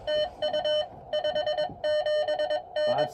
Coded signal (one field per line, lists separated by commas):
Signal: Morse code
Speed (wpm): 18 wpm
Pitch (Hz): 600 Hz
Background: none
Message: TU 57N